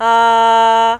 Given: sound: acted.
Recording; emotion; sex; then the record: nonverbal affect burst; neutral; female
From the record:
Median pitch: 228 Hz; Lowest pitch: 222 Hz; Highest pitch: 253 Hz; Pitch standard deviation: 3 Hz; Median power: 83.7 dB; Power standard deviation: 5.5 dB